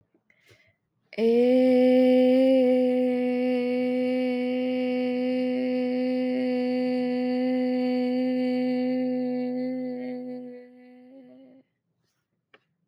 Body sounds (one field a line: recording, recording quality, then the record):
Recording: sustained vowel as in made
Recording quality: excellent, no background noise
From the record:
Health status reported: recovered from COVID-19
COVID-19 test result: positive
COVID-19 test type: RT-PCR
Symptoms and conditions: cough, cold, sore throat, fatigue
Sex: female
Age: 26 years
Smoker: no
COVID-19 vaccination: both doses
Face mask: worn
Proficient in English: yes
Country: India